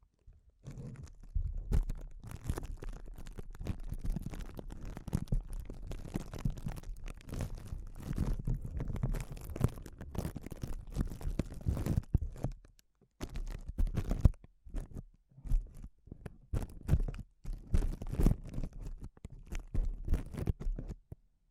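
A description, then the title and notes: Crinkling plastic or foil crackles in dense, irregular bursts of sharp snaps and rustles over a low rumbling undertone. The handling runs almost without pause for the first twelve seconds, then breaks into shorter clusters separated by brief silences. ASMR Sensitive Crinkles (No Talking).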